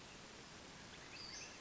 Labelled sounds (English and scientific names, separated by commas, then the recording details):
Western Flycatcher (Empidonax difficilis)
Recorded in Sonoma County, California